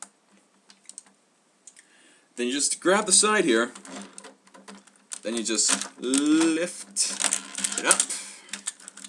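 The plastic side section of a Power Rangers Operation Overdrive Flashpoint Megazord combining robot toy is grabbed and lifted as it is brought toward the main body. Light plastic clicks and taps are heard at the start and end while someone talks. Nothing has seated or clicked into place yet.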